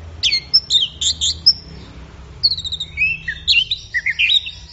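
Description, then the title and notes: Orange-headed thrush song, rich varied phrases of sharp notes and sliding whistles, with a short pause in the middle. Bird in full song (gacor), used for training songbirds. "Anis Merah Gacor Teler Untuk. Kumpulan Suara Burung Anis"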